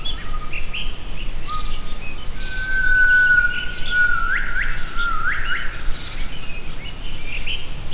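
Gibbon call, a long level whistled tone followed by two sharply rising whooping notes, over steady background hiss with faint other calls.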